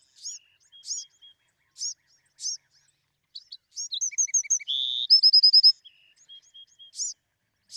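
Bewick's wren song: slurred high chirps, then a flurry of notes with a steady buzz and a fast trill in the middle, and a few chirps after.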